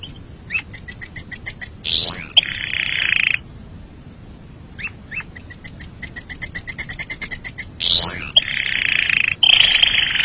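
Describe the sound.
Canary song of rapid repeated note trills alternating with swooping whistles and buzzy, harsh rolls, with brief pauses between phrases.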